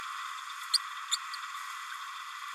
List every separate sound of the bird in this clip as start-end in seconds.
0.73-0.78, 1.11-1.17